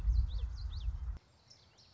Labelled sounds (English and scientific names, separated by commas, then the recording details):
Common Yellowthroat (Geothlypis trichas)
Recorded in Sonoma County, California